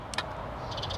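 A hand presses the release on the charging adapter plugged into the charging connector of a Silence S02 electric scooter, so the adapter can be unplugged and the charging session ends. The latch clicks open in two quick, sharp clicks at 0.1 s and 0.2 s, and a steady low hum continues underneath. Fainter ticking follows toward the end.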